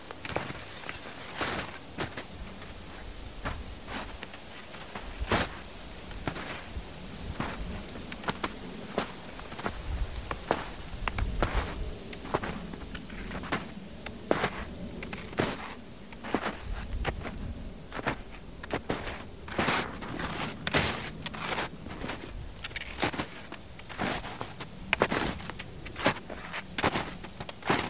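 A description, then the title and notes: Footsteps crunch through ice and snow at an uneven walking pace, sharp bright crackles over a low rumble, continuing throughout. Steps in Ice & Snow (Sleep & Study Soundscapes). Steps and walking in ice and snow.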